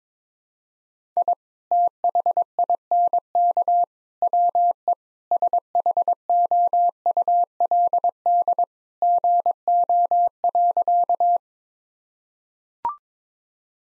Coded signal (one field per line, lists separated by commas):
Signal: Morse code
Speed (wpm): 22 wpm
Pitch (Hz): 700 Hz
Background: none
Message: I THINK WE SHOULD GO.